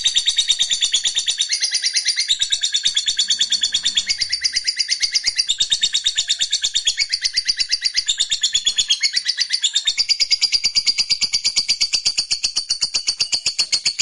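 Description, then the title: Lovebird singing continuously, a dense rapid rattle of high buzzy notes that shifts pitch in sections and never pauses. Fighter lovebird singing energetically (gacor). "SUARA Lovebird FIGHTER GACOR"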